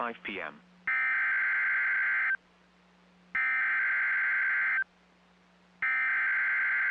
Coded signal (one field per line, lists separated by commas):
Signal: Emergency Alert System (SAME) tones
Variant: header bursts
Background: speech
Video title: NOAA Weather Radio - FFW (Interrupted)/Severe Thunderstorm Warning [EAS #188-#189] (6/2/22)